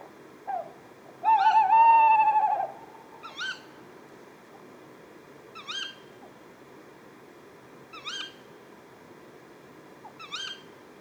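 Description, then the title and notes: Tawny owl gives a brief note, then a long, tremulous hoot, then short kewick calls about every two and a half seconds. A pair at a pond, Etang de Beaumont, Drôme, France, at 4:30 am on 20 February 2020; recorded on a Nagra Seven with a Telinga Pro7 stereo parabola. "Une chouette nuit. 20 février 2020-4h30-Etang de Beaumont - Drôme. ECOUTEZ NATURE. un couple de Chouette hulotte (Strix aluco)"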